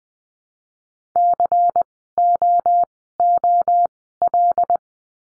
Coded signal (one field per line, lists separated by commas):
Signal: Morse code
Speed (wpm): 20 wpm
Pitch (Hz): 700 Hz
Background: none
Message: COOL